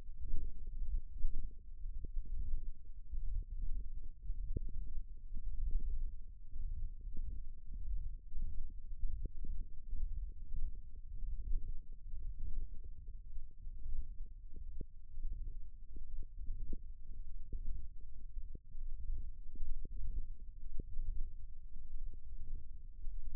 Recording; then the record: forearm muscle sounds (acoustic myography)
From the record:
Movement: ulnar deviation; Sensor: system 1, eight BSWA MPA416 microphones around the upper forearm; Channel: 6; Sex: male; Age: 23 years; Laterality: right